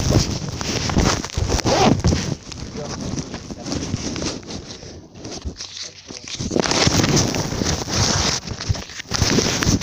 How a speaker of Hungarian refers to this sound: De jó, hogy így ment a traktor, nem?